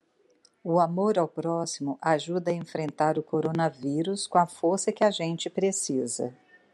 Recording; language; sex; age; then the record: spoken sentence; Brazilian Portuguese; female; 60 to 69 years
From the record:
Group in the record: control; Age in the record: 60 years